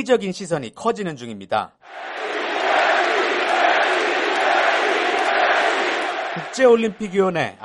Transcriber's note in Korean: 녹취: 경기장 관중 함성